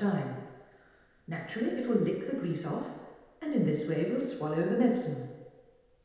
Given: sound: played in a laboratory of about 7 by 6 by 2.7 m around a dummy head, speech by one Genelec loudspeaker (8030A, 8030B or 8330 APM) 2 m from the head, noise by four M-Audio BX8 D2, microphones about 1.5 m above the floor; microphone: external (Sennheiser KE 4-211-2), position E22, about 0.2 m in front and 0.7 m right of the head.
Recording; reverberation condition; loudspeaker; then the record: female speech in English; high; 120 degrees to the right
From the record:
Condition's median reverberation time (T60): about 1300 ms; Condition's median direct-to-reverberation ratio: about -4.0 dB